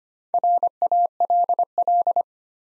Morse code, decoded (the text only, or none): RALL